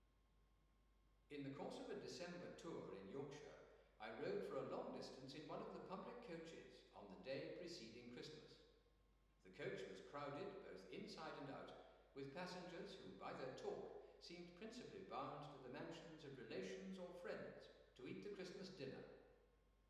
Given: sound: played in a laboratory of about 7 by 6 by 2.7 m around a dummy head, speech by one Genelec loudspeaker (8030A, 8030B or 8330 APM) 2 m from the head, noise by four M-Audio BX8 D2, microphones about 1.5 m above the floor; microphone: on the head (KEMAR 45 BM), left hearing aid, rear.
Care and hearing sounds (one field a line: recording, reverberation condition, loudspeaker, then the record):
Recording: male speech in English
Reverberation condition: high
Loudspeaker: 120 degrees to the left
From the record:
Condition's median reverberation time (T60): about 1300 ms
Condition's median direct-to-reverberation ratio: about -4.0 dB